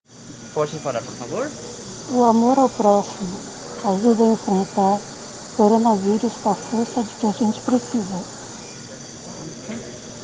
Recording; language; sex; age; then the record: spoken sentence; Brazilian Portuguese; female; 50 to 59 years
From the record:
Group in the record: respiratory insufficiency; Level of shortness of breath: 5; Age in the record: 54 years